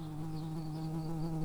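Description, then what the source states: Early bumblebee buzz, a steady low droning hum holding one even pitch with rich overtones, continuous for the whole stretch with no other sounds. Worker bees.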